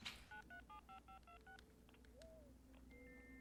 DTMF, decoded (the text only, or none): 9375526